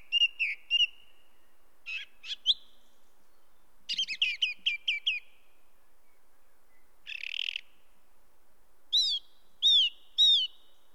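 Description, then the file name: Song thrush song: varied phrases of fluty and scratchy notes, each repeated several times with short pauses, including a harsh rasping burst and bright whistles. "grive musicienne"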